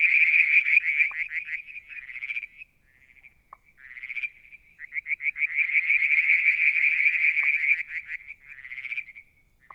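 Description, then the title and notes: Frog chorus of rapid, rattling high-pitched trills in overlapping bursts, with short pauses between runs and single clicks now and then. Limnodynastes peronii, Litoria verreauxii and an unidentified frog calling one evening near a water tank, Mount Wilson, New South Wales, Australia, July 2022. "Frog song, Mount Wilson, New South Wales, Australia in July 2022 – by Alexander Moffatt. Limnodynastes Peronii, Litoria Verreauxii and a mystery frog one evening near the water tank"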